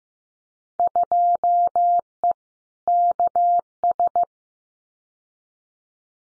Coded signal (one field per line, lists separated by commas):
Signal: Morse code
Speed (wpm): 15 wpm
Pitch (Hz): 700 Hz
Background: none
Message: 2E KS